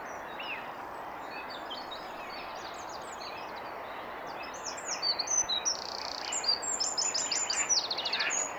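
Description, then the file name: Eurasian wren song: faint high chips at first, then from about five seconds a loud, rapid series of piercing trills and buzzy rattles over low hiss. "Troglodytes troglodytes"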